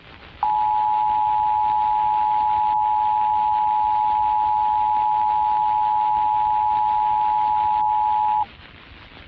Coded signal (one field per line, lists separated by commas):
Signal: Emergency Alert System (SAME) tones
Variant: 853 and 960 Hz attention tone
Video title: EAS Scenario | Nuclear War | WW3 Part 2